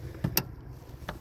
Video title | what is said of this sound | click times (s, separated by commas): How to install Bubble tails on a 200sx B14 | make a little click like that | 0.4 s